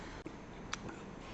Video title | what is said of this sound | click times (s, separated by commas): Fountain Pen Review: V'sign Earl | you put it back it doesn't make a lot of sound there is no huge pop it's just a nice little click here | 0.7 s